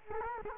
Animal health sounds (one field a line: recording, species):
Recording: mosquito wingbeat signal from an infrared sensor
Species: Culex quinquefasciatus